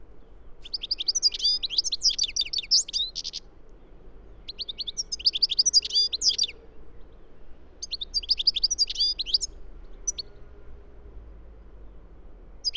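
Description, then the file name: European goldfinch twittering in three quick phrases of bright, liquid chirps and buzzy notes, each a few seconds long with brief gaps, and the start of a fourth at the very end, faint hum underneath. "Carduelis carduelis"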